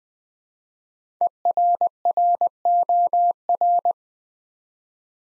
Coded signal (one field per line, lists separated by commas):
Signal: Morse code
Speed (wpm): 20 wpm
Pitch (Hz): 700 Hz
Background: none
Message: ERROR